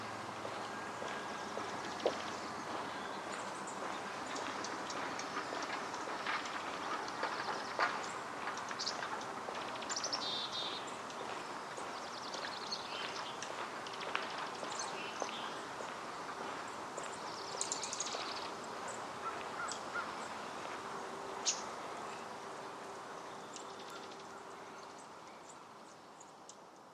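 Forest ambience in Portland's Forest Park: a steady, dense wash of sound with a faint low hum running throughout, possibly a passing train. Brief bird chirps and calls pop up scattered across the clip, and everything gradually fades over the last several seconds.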